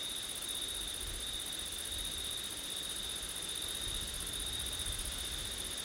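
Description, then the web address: A steady high cricket trill runs throughout over a broad wash of low wind noise. September night, wind. "audio crickets wind september night ortif"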